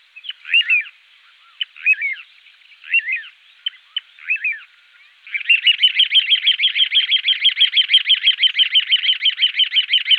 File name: little ringed plover